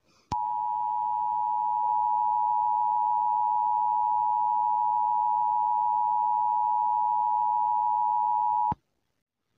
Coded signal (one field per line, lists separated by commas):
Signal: Emergency Alert System (SAME) tones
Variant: 853 and 960 Hz attention tone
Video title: "The Monster" (EAS Scenario)